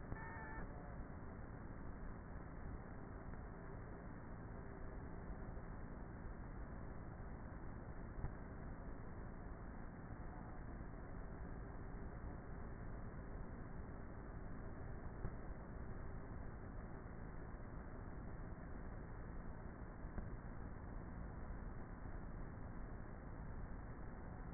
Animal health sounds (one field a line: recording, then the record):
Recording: honeybee colony, microphone inside the hive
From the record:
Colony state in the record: queenless with a low population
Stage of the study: before two queens were removed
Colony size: about 30,000 bees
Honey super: no